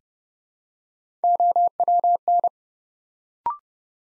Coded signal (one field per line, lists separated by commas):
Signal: Morse code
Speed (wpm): 29 wpm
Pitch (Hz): 700 Hz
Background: none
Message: OWN